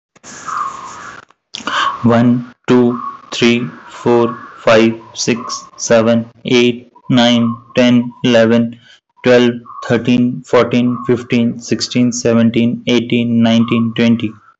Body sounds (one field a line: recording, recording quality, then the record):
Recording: counting at a normal pace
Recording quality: moderate, slight background noise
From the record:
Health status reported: healthy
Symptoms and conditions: none ticked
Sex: male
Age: 27 years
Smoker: not ticked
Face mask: not worn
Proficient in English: yes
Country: India